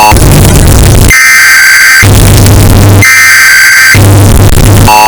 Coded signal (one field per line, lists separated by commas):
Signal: Emergency Alert System (SAME) tones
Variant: header bursts